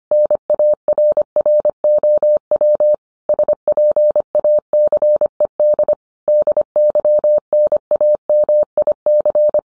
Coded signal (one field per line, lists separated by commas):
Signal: Morse code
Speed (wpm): 25 wpm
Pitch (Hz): 600 Hz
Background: none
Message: NARROW SPACED DYNAMIC